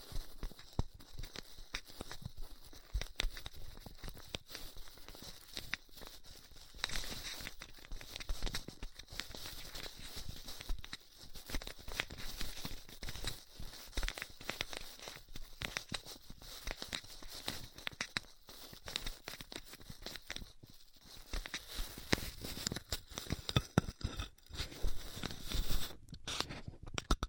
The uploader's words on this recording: ASMR Styrofoam Heat Cutting (No Talking).